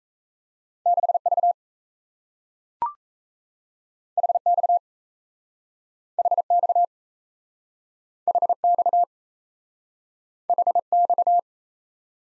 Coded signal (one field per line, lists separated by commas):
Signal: Morse code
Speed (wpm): 38 wpm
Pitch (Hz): 700 Hz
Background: none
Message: 6V HX HX HX HX